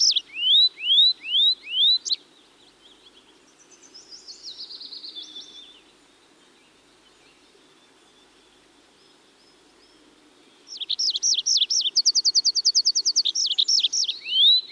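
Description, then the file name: Tree pipit song: repeated down-slurred notes, then a thin descending trill and a long quiet pause, then a loud, fast high trill with sliding notes. "Tree Pipit (Anthus trivialis)"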